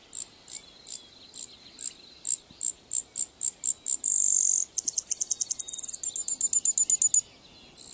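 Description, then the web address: Brewer's sparrow song of spaced high chips that come faster, a long buzzy note, then quick trills changing speed and pitch, over faint background hiss. "birdweb sounds brsp"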